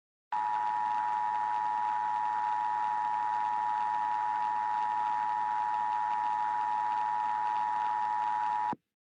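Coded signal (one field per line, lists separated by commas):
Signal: Emergency Alert System (SAME) tones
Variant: 853 and 960 Hz attention tone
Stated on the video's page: Fictional EAS horror scenario, a simulated alert rather than a real broadcast.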